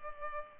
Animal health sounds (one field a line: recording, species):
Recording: mosquito wingbeat signal from an infrared sensor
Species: Culex pipiens